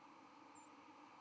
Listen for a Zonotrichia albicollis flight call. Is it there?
yes